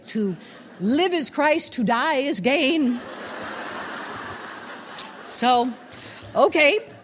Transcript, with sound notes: But to live is Christ, to die is gain.. (laughter) So okay.